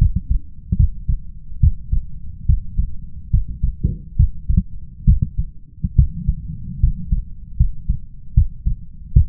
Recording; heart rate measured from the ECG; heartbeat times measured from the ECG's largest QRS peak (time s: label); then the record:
heart sounds by stethoscope; 72 bpm
0.76 s: heartbeat
1.60 s: heartbeat
2.46 s: heartbeat
3.30 s: heartbeat
4.16 s: heartbeat
5.05 s: heartbeat
5.95 s: heartbeat
6.80 s: heartbeat
7.57 s: heartbeat
8.34 s: heartbeat
9.13 s: heartbeat
From the record:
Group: healthy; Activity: rest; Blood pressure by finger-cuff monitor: 134/75 mmHg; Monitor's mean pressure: 95 mmHg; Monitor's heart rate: 77 bpm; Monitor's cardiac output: 7.1 L/min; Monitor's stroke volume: 97 mL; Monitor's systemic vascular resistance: 1000 dyn s/cm5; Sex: male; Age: 21 years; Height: 180 cm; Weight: 67.5 kg